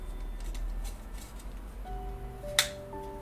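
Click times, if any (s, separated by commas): 2.6 s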